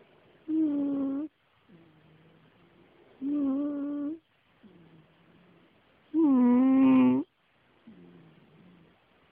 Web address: charlie Cat snoring